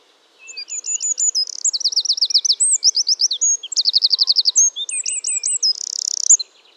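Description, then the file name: Eurasian wren song, a fast, shrill outpouring of rattling trills and high whistled notes lasting about six seconds, ending on a buzzing trill. "Troglodytes troglodytes"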